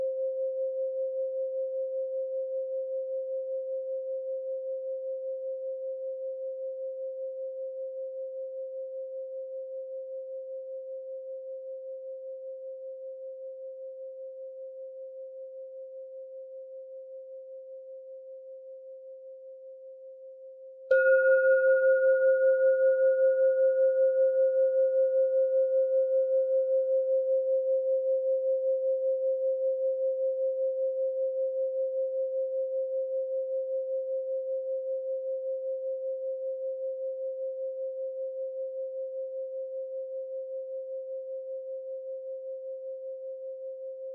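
A singing bowl rings with a pure, steady mid-pitched tone that slowly fades over the first twenty seconds. Around the midpoint it is struck again, louder, with a brief brighter overtone above, then the deep hum sustains and gradually decays to the end.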